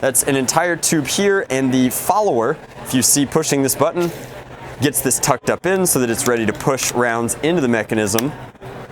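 Someone talks while pressing a button on the plastic magazine tube of a Zuru X-Shot Chaos Meteor toy blaster to tuck the spring dart follower down toward its locked position. The follower is being handled and has not gone home yet; nothing has seated or clicked in this clip.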